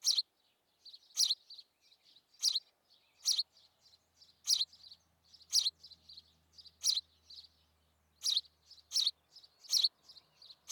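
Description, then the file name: House sparrow chattering, loud chirps mixed with many quicker soft notes, a low hum faintly underneath midway. "Passer domesticus"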